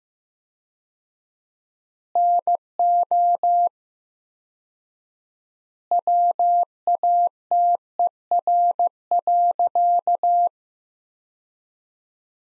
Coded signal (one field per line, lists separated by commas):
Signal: Morse code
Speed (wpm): 15 wpm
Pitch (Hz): 700 Hz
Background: none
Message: NO WATER.